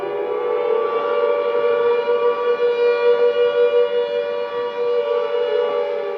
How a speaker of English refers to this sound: I'm in the metal shop. We start hearing these sirens going off. I said, "Damn, what the hell is this?"